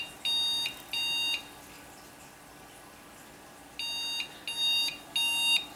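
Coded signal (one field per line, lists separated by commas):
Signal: beep code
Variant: PC BIOS POST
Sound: two beeps, a pause of about two seconds, then three steady beeps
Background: small room hum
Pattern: 3 short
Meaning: Three beeps signal a memory test failure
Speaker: according to the book red green red red memory test so it does not like that stick of Ram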